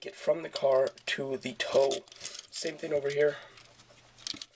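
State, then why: Released. Someone talks while the plastic car section on the leg of a Transformers DOTM Skids transforming toy figure is unpegged (untabbed) from its peg before being slid down to form the toe. Two sharp plastic clicks are heard at 4.3 s and 4.4 s as the car section releases from its peg.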